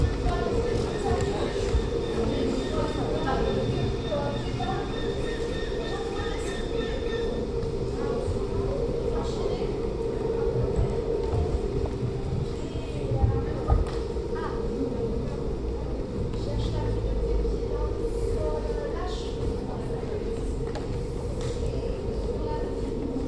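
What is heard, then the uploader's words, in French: Muffled sounds of a dance studio: a steady, dense low hum fills the room while faint murmuring voices drift in and out. Soft scuffs and light knocks of feet on the wooden floor come irregularly, with a couple of sharper taps around the middle. Les sons feutrés d'un studio de danse, une rencontre avec les pas frottés sur le parquet et les pieds posés sur la banquise.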